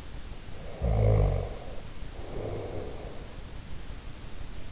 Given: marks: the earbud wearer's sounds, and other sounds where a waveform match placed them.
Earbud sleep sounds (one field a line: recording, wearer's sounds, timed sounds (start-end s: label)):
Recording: sounds in sleep by an in-ear microphone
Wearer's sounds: snoring breath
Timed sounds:
0.54-3.06 s: snoring breath